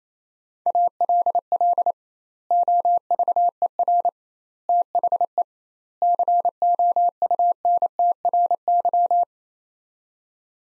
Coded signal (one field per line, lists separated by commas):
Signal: Morse code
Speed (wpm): 28 wpm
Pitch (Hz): 700 Hz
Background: none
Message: ALL OVER THE COUNTRY